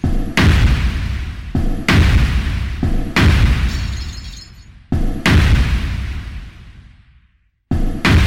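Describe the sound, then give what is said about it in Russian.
A volley of grenade launcher explosions: about five heavy, loud blasts in quick succession, each a sharp boom trailing into a long rumbling decay, with a short silence before the final one. The shots are fired at a house, three into its right part and three into its left. “Залп из гнома. 3 выстрела в правую часть дома, 3 в левую.”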